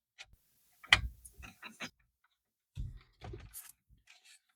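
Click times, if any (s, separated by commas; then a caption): 0.9 s. A plastic wiring harness plug is pushed into the radio socket of a 2015 Dodge Grand Caravan, with a few soft taps and handling sounds around it. One very loud, sharp click at 0.9 s shows the connector seating in place.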